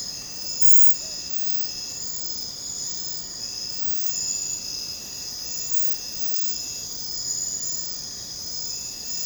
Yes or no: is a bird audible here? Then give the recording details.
no. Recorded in secondary vegetation near Puerto Asís, Putumayo, Colombia, on 21 December 2024 at 02:30. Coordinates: 0.499, -76.323. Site G010